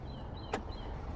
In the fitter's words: This locks into place. This pulls out.